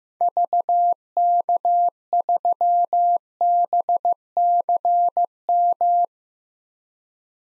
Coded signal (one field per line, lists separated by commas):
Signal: Morse code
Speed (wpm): 15 wpm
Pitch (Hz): 700 Hz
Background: none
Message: VK3BCM